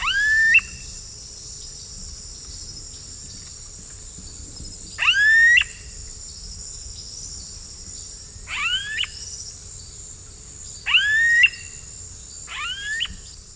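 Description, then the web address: Smooth-billed ani pair calls: loud rising whining whistles, single or doubled, at irregular intervals of several seconds, over a steady high insect drone. Pair calls; eastern lowlands of South America. "Natures Songs S America Eastern Lowlands Crotophaga ani, pair calls"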